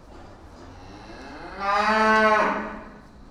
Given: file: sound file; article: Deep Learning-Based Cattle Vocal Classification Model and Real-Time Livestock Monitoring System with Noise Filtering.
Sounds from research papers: cattle; food anticipating call

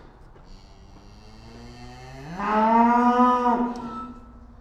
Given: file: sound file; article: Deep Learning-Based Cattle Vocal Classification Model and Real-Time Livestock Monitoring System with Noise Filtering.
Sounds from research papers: cattle; estrus call

